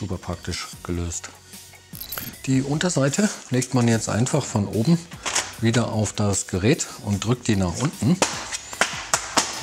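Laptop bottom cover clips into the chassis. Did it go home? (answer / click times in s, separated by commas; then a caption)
yes / 8.8 s, 9.1 s, 9.4 s. Someone talks as the plastic bottom cover of an Asus ExpertBook P1 P1511CEA laptop is laid back onto the device from above and pressed down. Its plastic clips snap audibly into the chassis at 8.8, 9.1 and 9.4 seconds, and the cover is seated.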